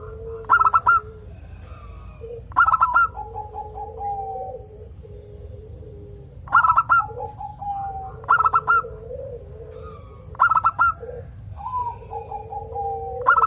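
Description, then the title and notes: Zebra dove cooing: several short stuttering bursts of pulsed notes at uneven intervals, each running into a steady low coo. Local bird, described as singing readily and with a clear, loud, crystal-toned voice. "PERKUTUT LOKAL GACOR Suara KRISTAL LANTANG. Kicau Burung Perkutut"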